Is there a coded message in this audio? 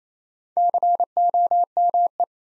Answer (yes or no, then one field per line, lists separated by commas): yes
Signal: Morse code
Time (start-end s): 0.6-2.2 s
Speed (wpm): 28 wpm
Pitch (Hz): 700 Hz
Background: none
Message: COME